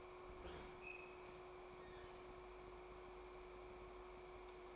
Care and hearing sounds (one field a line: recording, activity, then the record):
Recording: daily activity, microphone in the room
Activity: open fridge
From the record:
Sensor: 1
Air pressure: 1004.6 hPa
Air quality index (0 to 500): 192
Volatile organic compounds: 16 ppm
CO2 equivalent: 2540 ppm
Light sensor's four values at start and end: 5/11/4/4 and 5/11/4/4